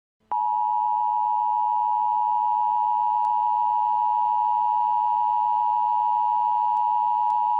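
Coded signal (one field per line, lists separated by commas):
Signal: Emergency Alert System (SAME) tones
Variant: 853 and 960 Hz attention tone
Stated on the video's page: Fictional mini alert scenario about a birthday virus, not a real broadcast.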